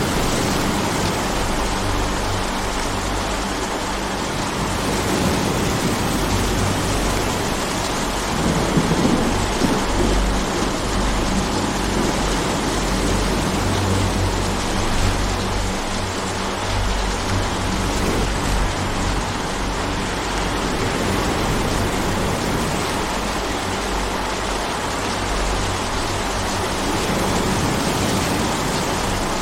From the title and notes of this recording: A Sleepy Rainstorm Sounds Like Heaven.